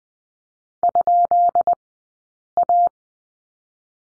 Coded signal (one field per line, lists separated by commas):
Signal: Morse code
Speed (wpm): 20 wpm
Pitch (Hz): 700 Hz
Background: none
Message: ?A